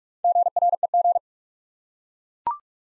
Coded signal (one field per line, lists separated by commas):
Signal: Morse code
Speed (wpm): 41 wpm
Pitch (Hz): 700 Hz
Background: none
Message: GREG